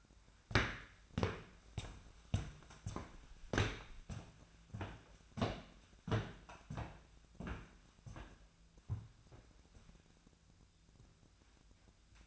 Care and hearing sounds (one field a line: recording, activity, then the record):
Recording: daily activity, microphone in the room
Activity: walk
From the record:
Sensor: 2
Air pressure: 1008.3 hPa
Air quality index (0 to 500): 179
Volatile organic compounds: 10 ppm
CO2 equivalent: 2202 ppm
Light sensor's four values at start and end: 15/36/15/16 and 15/35/15/16